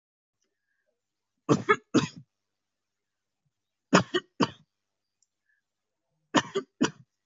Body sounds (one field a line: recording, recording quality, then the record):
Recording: heavy voluntary cough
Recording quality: excellent, no background noise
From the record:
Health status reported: exposed to COVID-19, no respiratory illness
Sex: female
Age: 22 years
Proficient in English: yes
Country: India